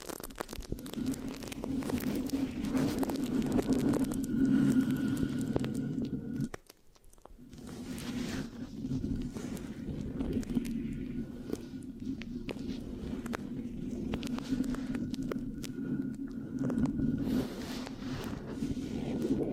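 Mic scratching with sticky textures, a dense, continuous rubbing and crackling that stays low and thick, with scattered bright clicks. Around six and a half seconds the scratching stops briefly, then resumes at a similar steady intensity through the end. No talking.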